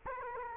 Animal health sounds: mosquito wingbeat signal from an infrared sensor; Aedes aegypti

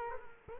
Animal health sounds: mosquito wingbeat signal from an infrared sensor; Culex quinquefasciatus

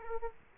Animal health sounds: mosquito wingbeat signal from an infrared sensor; Aedes aegypti

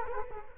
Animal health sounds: mosquito wingbeat signal from an infrared sensor; Culex quinquefasciatus

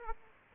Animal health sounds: mosquito wingbeat signal from an infrared sensor; Aedes aegypti

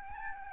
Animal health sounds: mosquito wingbeat signal from an infrared sensor; Aedes albopictus

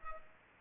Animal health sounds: mosquito wingbeat signal from an infrared sensor; Culex pipiens

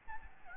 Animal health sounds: mosquito wingbeat signal from an infrared sensor; Aedes albopictus

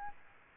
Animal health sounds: mosquito wingbeat signal from an infrared sensor; Aedes aegypti

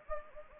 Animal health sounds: mosquito wingbeat signal from an infrared sensor; Anopheles gambiae

